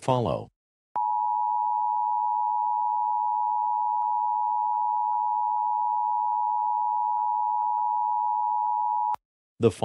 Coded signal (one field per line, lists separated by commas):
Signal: Emergency Alert System (SAME) tones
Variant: 853 and 960 Hz attention tone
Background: speech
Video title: EAS Scenario #2 Contaminated Soda to a Nuclear Disaster